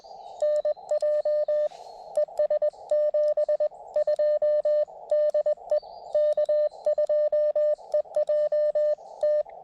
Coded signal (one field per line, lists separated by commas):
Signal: Morse code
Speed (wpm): 20 wpm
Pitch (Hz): 590 Hz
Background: radio noise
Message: NJ ES 72 DE K2EJT